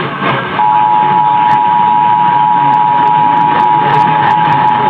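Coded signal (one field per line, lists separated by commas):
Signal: Emergency Alert System (SAME) tones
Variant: 853 and 960 Hz attention tone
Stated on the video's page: Iowa Required Monthly Test received on KXEL.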